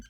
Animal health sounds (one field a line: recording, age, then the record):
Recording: pig call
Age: piglet (1 to 25 days)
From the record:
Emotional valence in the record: positive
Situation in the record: reunion after long isolation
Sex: female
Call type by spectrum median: low-frequency call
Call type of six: low-frequency tonal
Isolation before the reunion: 8 minutes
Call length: 0.10 s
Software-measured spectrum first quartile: 129 Hz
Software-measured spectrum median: 631 Hz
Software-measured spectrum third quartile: 3356 Hz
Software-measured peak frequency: 55 Hz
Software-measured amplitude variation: 97 dB a second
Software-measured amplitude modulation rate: 14.8 a second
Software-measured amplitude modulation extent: 6.6 dB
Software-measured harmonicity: 8.7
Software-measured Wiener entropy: -3.73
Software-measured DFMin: 951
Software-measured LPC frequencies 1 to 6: 1539, 3053, 4583, 6011, 6432, 7604 Hz